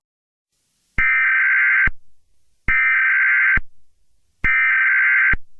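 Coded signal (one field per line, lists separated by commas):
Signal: Emergency Alert System (SAME) tones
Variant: header bursts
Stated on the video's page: Fictional EAS scenario.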